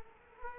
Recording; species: mosquito wingbeat signal from an infrared sensor; Culex quinquefasciatus